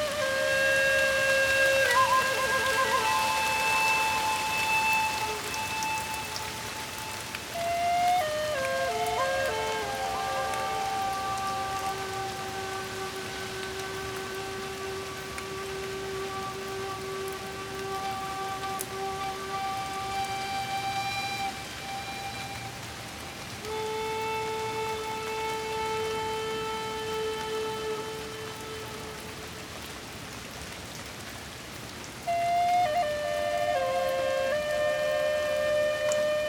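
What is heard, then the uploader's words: Light rain hisses steadily throughout, under sustained ringing tones that shift to new pitches around 8, 24 and 33 seconds. The light rain was recorded using my NT5 mics pointed out the window to pick up the sounds from the backyard.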